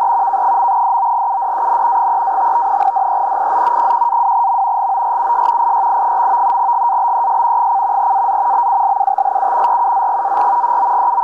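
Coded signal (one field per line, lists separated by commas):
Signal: NAVTEX (SITOR-B)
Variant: SITOR-B, 100 baud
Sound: steady fast warbling chirp between two close tones, continuous over hiss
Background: radio static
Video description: Transmitindo no sistema SITOR-B boletins meteorológicos em turco e inglês para embarcações.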